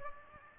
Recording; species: mosquito wingbeat signal from an infrared sensor; Aedes aegypti